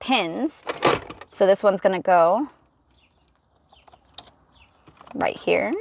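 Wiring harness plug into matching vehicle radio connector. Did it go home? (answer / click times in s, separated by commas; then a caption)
no / none. Someone talks while handling an aftermarket stereo wiring harness plug beside the matching factory-side plastic radio connector during a 2013–2018 RAV4 radio upgrade. Between the speech there are only faint handling taps, the sharpest near 4.2 s, and the plug has not yet been pushed home or clicked into the connector.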